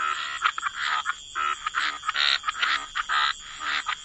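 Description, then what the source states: Frogs calling, irregular rasping croaks and short trills from several animals, with a faint constant hiss behind. Frog chorus.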